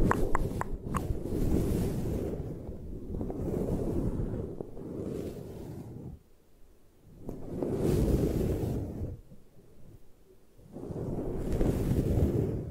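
Eye massage sounds: a few quick taps at the start, then low rumbling scratching that swells and fades in waves, with near-silent gaps.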